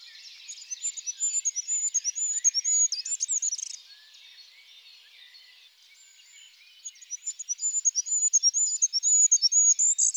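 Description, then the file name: Goldcrest with two very high, thin, rhythmic song phrases, rapid repeated notes closing in a short trill, separated by a few quiet seconds. Stereo recording. "ROITELET HUPPE"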